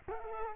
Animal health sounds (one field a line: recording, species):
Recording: mosquito wingbeat signal from an infrared sensor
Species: Culex quinquefasciatus